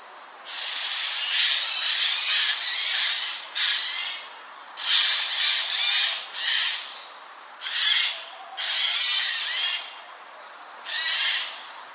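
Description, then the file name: Eurasian jay giving harsh, hissing screeches: several rasping bursts of varying length, separated by short pauses. "Garrulus glandarius"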